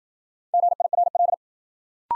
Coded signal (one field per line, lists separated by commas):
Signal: Morse code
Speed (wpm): 53 wpm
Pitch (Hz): 700 Hz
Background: none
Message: GIRL